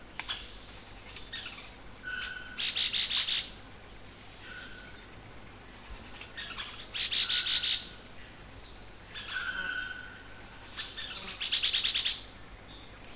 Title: LuckyPassaro Completos2Sama. Chestnut-bellied Euphonia (Euphonia pectoralis)